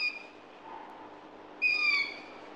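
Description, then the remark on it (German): A long-eared owl calls with high, thin, drawn-out squeals, one faint at the start and a louder, longer one about a second and a half later, with no other sounds. “Eine Eulenart wehrt sich ganz raffiniert gegen das Mobbing, die Waldohreule.”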